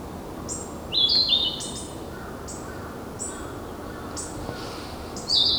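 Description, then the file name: Narcissus flycatcher song: two short bright warbled phrases, one near the start and one at the end, separated by faint high ticks over a steady background hiss. Recorded on 4 May 2013. "20130504 kibita"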